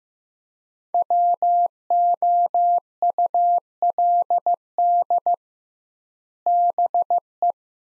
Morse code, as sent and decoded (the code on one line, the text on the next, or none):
.-- --- ..- .-.. -.. / -... .
WOULD BE